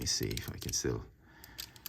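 Someone talks while handling the plastic waist piece of a transforming robot figure, folding it up into the torso during conversion to truck mode. Small plastic clicks and taps follow, but nothing has seated or clicked into place yet.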